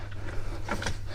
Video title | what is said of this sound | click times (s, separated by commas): TOWBAR Mount Atera Strada DL3 SLIDING BIKE RACK on Fiat Ducato Campervan | That locks into place. | 0.7 s, 0.8 s, 0.9 s